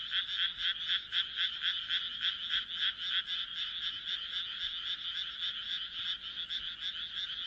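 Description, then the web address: Frog calling with quick rasping pulses, about four per second, in a steady high-pitched series. "kaeru kaeru"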